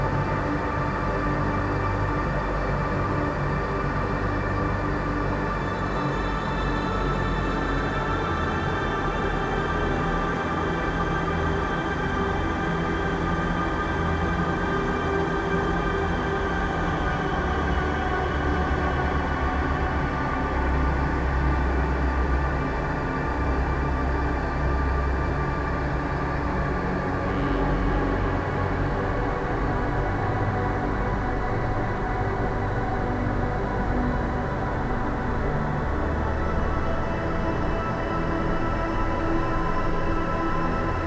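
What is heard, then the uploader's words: A dark, windy ambience holds steady for the whole stretch, a dense low rumble with a constant drone and thin high tones running through it. The level never swells or drops, giving a continuous roar like a moving train carriage. Dark and Windy Ambience.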